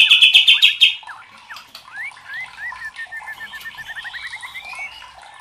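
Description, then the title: White-rumped shama giving a brief loud rapid trill, followed by a quieter string of quick slurred whistled notes. Used to train cage birds (masteran). "MURAI BATU LABAIK"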